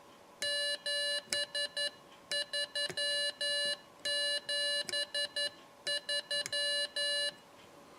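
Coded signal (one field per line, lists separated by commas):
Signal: Morse code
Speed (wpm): 12 wpm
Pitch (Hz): 2900 Hz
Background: none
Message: 7373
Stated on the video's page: Morse from a homemade Arduino code practice oscillator.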